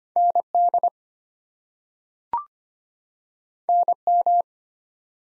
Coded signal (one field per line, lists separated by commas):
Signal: Morse code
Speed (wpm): 25 wpm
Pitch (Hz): 700 Hz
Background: none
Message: ND NM